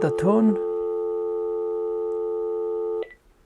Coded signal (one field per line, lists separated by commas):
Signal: telephone call progress tone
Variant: North America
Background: speech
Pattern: dial tone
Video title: How to use Panasonic DECT 6 KX-TG175C Cordless Answering System Phone with Link2Cell Bluetooth